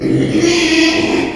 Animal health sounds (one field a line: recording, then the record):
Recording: squeal of a Yucatan mini pig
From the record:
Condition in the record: after surgery on the right vocal fold (resection and tissue-engineered implant)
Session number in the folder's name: 2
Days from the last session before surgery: 13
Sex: male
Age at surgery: 12 weeks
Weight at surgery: 13 kg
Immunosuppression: cyclosporine, prednisolone